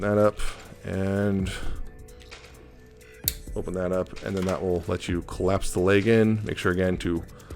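Someone talks while handling the plastic leg section of a Mastermind Creations PS-23 Ignis transforming robot toy, opening a panel so the leg can collapse in. Soft handling noises come between the words, and the clip ends before the leg goes home; nothing has seated or clicked into place yet.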